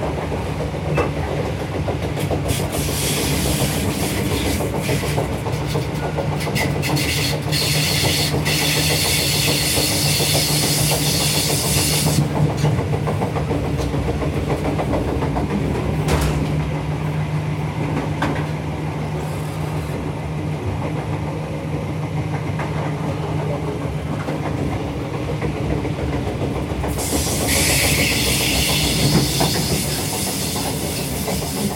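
Inside a moving train, a steady low rumble fills the carriage with a faint hum running through it. Bright hissing rushes come and go, strongest in the first twelve seconds and again after about twenty-seven seconds, with scattered clicks and knocks throughout.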